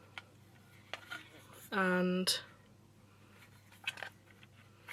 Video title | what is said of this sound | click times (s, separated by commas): Dyson Corrale Hair Straightener Unboxing - Blush Blue | You lift it up, clicks into place, | 0.2 s, 0.9 s